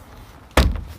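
The second hidden BeauClip fastener under a boat's coaming trim piece is struck or pressed home into its mating clip on the boat, giving a single loud snap at 0.6 s followed by a fainter tap near 0.8 s. The clip seats and locks in.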